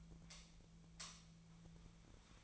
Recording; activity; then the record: daily activity, microphone in the room; light off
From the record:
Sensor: 1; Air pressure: 1009.8 hPa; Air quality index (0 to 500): 190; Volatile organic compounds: 18 ppm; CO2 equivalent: 2603 ppm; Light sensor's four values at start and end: 46/132/54/62 and 35/89/37/45